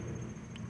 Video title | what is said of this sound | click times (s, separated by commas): Nissan Ambient Temperature Sensor Replacement | You also hear it plug in place. | 0.6 s